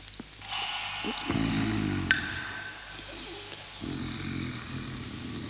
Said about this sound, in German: Du schnurrst ja. Das ist schön. Ach, Kater, wenn Katzen schnurren, fühlen sie sich wohl.